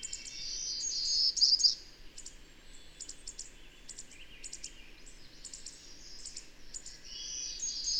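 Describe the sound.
Birdsong, a bright warbled trill early on, followed by thin high chirps at an uneven rhythm and another bright warbled phrase at the end.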